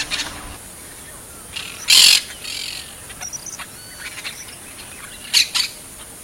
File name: canto de caturrita